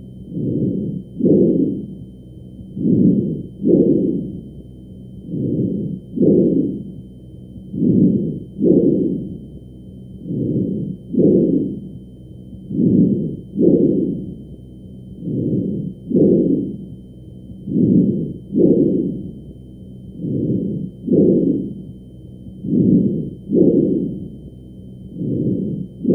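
Loud, harsh, hollow breath sounds over an adult's trachea come in steady paired bursts, with inspiration and expiration of similar length and loudness and a short pause between them. These are normal tracheal (bronchial) breath sounds, the normal sound heard over the trachea.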